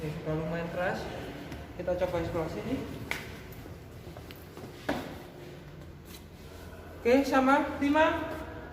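During brake repair, a brake locking part in a drum/disc brake assembly is handled, with someone talking and a few sharp metallic-sounding taps. Nothing has seated or clicked into place yet.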